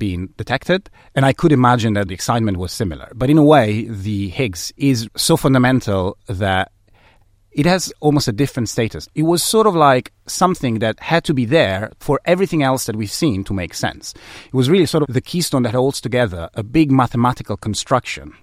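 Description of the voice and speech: One adult speaker talks fluently at a relaxed conversational pace, with clear voicing and short natural pauses between phrases. The speech sounds ordinary, with no stuttering, slurring or voice roughness. A quiet room forms the background.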